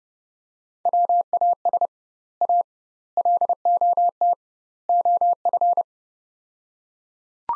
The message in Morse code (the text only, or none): WAS A LOT OF